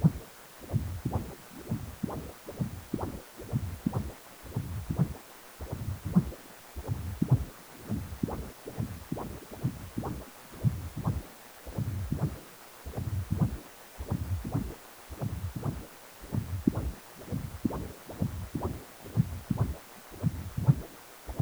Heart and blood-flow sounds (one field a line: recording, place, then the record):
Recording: Doppler ultrasound of blood flow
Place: precordium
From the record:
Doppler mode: continuous wave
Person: healthy adult, 18 to 50 years, no heart murmur, not diving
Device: 2.5 MHz transducer